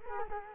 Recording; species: mosquito wingbeat signal from an infrared sensor; Culex quinquefasciatus